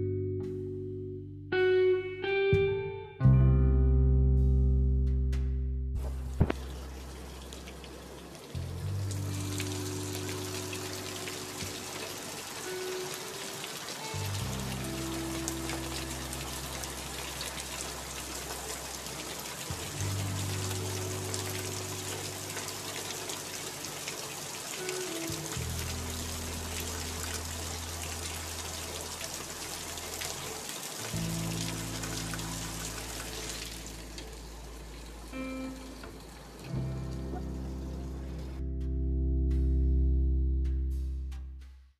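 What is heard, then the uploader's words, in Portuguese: A rainy day: a steady hiss of rain comes in around six seconds and holds until about thirty-five seconds before fading. Low sustained tones run underneath, shifting roughly every five seconds, and clearer ringing notes open and close the clip. Dia chuvoso.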